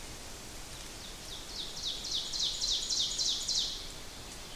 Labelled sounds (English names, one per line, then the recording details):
Ovenbird song
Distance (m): 55 m
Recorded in boreal forest in Alberta, Canada, on 6 June 2016 at 08:52
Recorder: SongMeter 3, array SBT-3-51
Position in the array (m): 242 m, 148 m
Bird 28